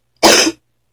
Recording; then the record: coughing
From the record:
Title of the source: 61 morning phlegmy cough...again